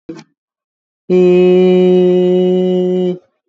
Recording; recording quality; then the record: sustained vowel as in made; excellent, no background noise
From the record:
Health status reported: COVID-19 positive, mild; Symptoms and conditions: sore throat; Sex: male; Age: 28 years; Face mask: not worn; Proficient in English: yes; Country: India